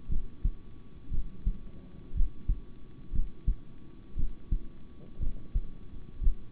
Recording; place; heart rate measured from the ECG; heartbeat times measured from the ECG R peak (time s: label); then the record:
heart sounds by stethoscope; between the tricuspid and mitral areas; 59 bpm
0.08 s: heartbeat
1.10 s: heartbeat
2.14 s: heartbeat
3.12 s: heartbeat
4.16 s: heartbeat
5.19 s: heartbeat
6.20 s: heartbeat
From the record:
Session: rest, sitting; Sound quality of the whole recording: good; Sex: male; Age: 26 years